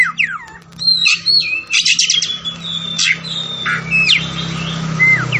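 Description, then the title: Oriental magpie-robin song with sweeping whistled notes, fast chattering bursts and short slurs over a steady low hum running throughout. Kacer fighting, persistent song full of 'tembakan' bursts, meant to make a kacer ready to fight within minutes. "Kacer Langsung Tarung Konslet KACER NGOTOT FULL TEMBAKAN"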